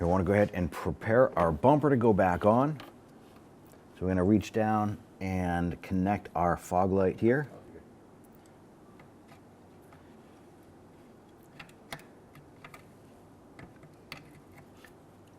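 Someone talks while reaching down behind the bumper cover of a 2011-2021 Jeep Grand Cherokee to connect the plastic fog light wiring connector into the fog lamp socket, preparing the bumper to go back on. After the talking, several faint handling ticks and knocks are heard around 11.6, 11.9, 12.7 and 14.1 seconds. The connector has not seated or clicked yet.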